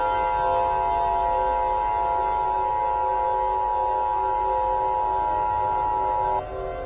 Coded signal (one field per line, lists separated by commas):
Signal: Emergency Alert System (SAME) tones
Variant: 853 and 960 Hz attention tone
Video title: The Death of Discord Riots. An EAS Mock.